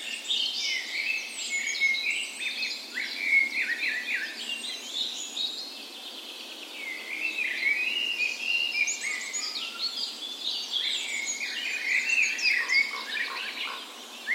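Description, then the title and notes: Birds singing a full dawn chorus, dense overlapping chirps, trills and whistled notes from several singers, continuous throughout. Spring dawn chorus on the morning of 17 May, Norway's National Day, in a park west in Bergen, Norway; recorded with a Sony PCM A10 and LOM Micro Usi microphones as tree ears. "17th Of May Dawn Chorus. Recorded on the morning of Norways National Day the 17th of May in a park west in Bergen. Spring is in full effect, and the dawn chorus sounds wonderful!"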